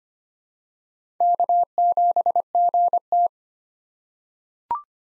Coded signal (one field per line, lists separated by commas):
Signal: Morse code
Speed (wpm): 25 wpm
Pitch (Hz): 700 Hz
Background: none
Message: K7GT